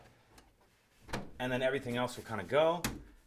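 Plastic glove box retaining clips on a 2015–2023 Jeep Renegade are lined up against the dashboard by hand, with a faint tick near 0.4 s and a sharper knock around 1.1 s as the glove box is handled. Someone talks over the handling. Nothing has seated or clicked home yet.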